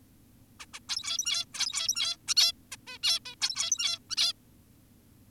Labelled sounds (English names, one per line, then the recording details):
Zebra Finch
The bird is an adult
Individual g17y2U